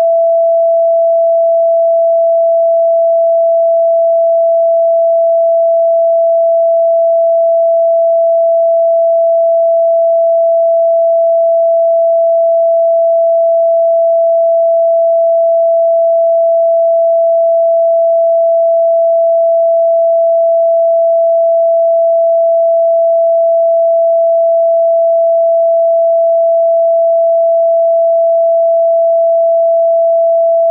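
A pure tone at 666 Hz holds perfectly steady for the full half minute, with no change in pitch or loudness. It is a single clean, mid-pitched whistle-like note with nothing else around it, starting and stopping abruptly.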